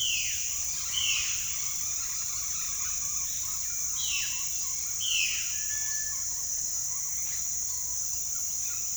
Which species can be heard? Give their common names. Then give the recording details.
Violaceous Jay. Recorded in pastures near Puerto Asís, Putumayo, Colombia, on 23 June 2025 at 07:00. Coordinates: 0.466, -76.322. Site GP07